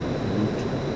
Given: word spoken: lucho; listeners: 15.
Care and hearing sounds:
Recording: one Spanish word in noise, from a listening test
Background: speech-shaped noise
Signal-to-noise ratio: -4.8 dB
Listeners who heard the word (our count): 2 of 15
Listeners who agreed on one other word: 9 of 15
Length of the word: 0.56 s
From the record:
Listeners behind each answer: 9, 2, 2, 1, 1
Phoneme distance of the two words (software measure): 10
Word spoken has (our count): 2 syllables, 4 phonemes, stress on syllable 1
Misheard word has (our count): 2 syllables, 4 phonemes, stress on syllable 1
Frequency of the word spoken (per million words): 3.00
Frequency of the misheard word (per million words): 545.62

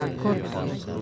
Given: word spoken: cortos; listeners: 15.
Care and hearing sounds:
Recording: one Spanish word in noise, from a listening test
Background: eight-talker babble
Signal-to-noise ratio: -1.0 dB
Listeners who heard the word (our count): 2 of 15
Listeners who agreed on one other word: 7 of 15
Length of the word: 0.61 s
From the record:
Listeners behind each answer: 7, 2, 2, 2, 1, 1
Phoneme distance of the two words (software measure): 38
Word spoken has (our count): 2 syllables, 6 phonemes, stress on syllable 1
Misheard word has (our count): 3 syllables, 6 phonemes, stress on syllable 3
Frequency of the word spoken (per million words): 13.41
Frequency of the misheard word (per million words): 48.97

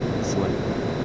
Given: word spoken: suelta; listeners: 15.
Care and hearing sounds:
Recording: one Spanish word in noise, from a listening test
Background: speech-shaped noise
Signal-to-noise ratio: -7.0 dB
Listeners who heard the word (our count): 0 of 15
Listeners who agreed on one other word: 6 of 15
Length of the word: 0.65 s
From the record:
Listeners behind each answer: 6, 4, 1, 1, 1, 1, 1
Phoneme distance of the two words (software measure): 17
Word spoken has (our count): 2 syllables, 6 phonemes, stress on syllable 1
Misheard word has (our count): 2 syllables, 5 phonemes, stress on syllable 1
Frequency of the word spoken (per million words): 14.28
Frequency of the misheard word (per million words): 134.80

